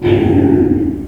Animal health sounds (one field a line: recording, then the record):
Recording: squeal of a Yucatan mini pig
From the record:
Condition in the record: before surgery on the right vocal fold (resection and tissue-engineered implant)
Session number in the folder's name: 1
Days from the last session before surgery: -21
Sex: female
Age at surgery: 19 weeks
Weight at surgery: 25 kg